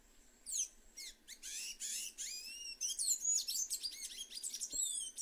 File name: Canto do sanhacu azul